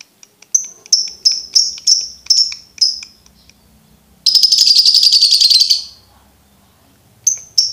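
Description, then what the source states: Lovebird song: a quick series of high chirps, a brief lull, then a loud, rapid chattering trill lasting almost two seconds, and two final chirps. Training recording for birds to learn the ngekek song style.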